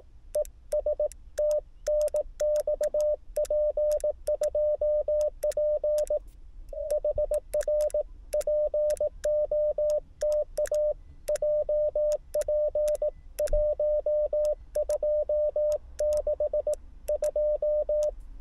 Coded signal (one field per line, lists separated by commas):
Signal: Morse code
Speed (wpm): 18 wpm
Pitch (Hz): 600 Hz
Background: radio noise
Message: ES TNX P2P HR POTA JP 1262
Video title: 車載運用 マグネットアーステスト 7MHz HF40CL MAT-50 FT8 初心者CW P2P POTA JP-1262 小山内裏公園 2024/05/22 アマチュア無線 VLOG 484